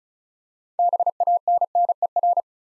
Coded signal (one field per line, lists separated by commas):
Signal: Morse code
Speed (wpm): 36 wpm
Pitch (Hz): 700 Hz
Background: none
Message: BANNER